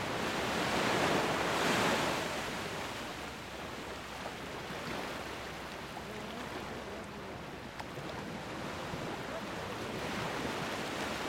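Ocean waves wash toward shore in a steady, dense hiss, with a fuller surge near the start around one to two seconds and another swell building toward the end. The sound stays rushing, with low rumbling underneath and faint scattered noises in the background.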